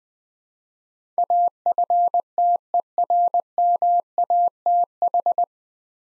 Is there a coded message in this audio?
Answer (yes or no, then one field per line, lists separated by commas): yes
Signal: Morse code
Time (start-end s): 1.2-5.4 s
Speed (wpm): 21 wpm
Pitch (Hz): 700 Hz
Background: none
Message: AFTERMATH